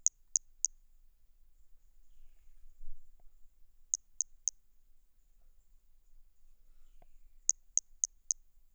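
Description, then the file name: Brachycephalus hermogenesi toadlet calling in short bursts of three to four rapid, very high, insect-like clicks, each burst separated by a few seconds of quiet. Individual 03 recorded at Boraceia on 30 March 2019. "MHNCI Brachy hermogenesi ind 03 Boraceia 30 marco 2019 MRB"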